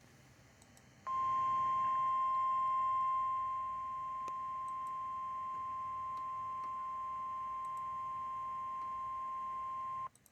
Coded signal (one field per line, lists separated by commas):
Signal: Emergency Alert System (SAME) tones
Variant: 1050 Hz attention tone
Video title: EAS Alert #146. Special Marine Warning.